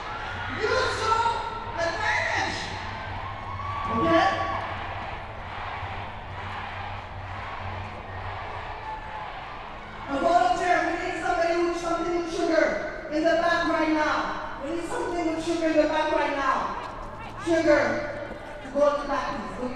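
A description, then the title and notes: Street protest ambience with overlapping voices, a steady low hum underneath, and louder bursts of speech after ten seconds. Protest Ambience. The sounds of the streets during yesterday’s march/protest.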